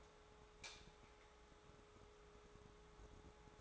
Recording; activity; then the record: daily activity, microphone in the room; light off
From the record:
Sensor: 3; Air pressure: 1010.2 hPa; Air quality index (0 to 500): 168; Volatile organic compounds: 10 ppm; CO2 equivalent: 2202 ppm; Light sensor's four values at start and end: 51/129/56/61 and 49/121/53/59